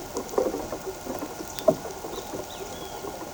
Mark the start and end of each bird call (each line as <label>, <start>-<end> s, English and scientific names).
Great Kiskadee (Pitangus sulphuratus), 1.55-2.99 s